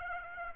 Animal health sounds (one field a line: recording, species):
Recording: mosquito wingbeat signal from an infrared sensor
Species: Aedes aegypti